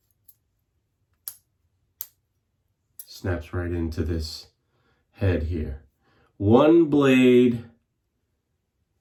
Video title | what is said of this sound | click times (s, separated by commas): ONEBLADE CORE single blade razor review — average guy tested #APPROVED — Sunday Shave ep. 46 | pivots sort of backward here and this blade fits right in snaps | 2.0 s